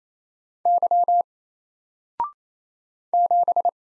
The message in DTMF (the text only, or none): none